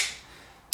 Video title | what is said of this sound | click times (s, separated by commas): The Junkyard Truck Ford 302 Build - Camshaft + Cylinder Head Install Part 3 | solid click there yep | 0.7 s